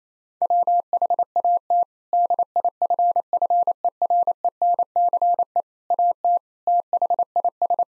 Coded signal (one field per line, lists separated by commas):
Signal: Morse code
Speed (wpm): 28 wpm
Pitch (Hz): 700 Hz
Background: none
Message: WHAT DIFFERENCE AT THIS